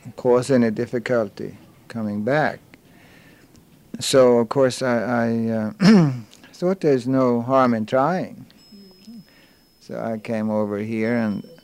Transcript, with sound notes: cause any difficulty coming back. So, of course, I ( he clears his throat ) so there's no harm in trying. So I came over here, and,